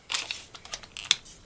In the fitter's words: this Lock Works amazing you can hear it's got that nice